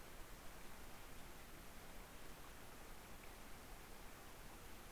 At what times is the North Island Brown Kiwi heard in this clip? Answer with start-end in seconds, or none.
none